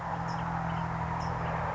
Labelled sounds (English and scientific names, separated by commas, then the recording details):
California Towhee (Melozone crissalis)
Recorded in Sonoma County, California